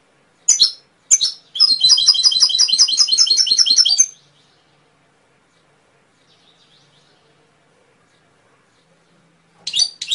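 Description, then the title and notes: Canary song: two brief chirps, then a steady rapid trill for over two seconds, a long quiet gap, and another short burst of notes at the end. Canary song used as a training recording (masteran) to stimulate songbirds to sing. "SUARA MASTERAN KENARI. masteran kicau kenari"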